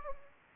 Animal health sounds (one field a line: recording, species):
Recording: mosquito wingbeat signal from an infrared sensor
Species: Anopheles gambiae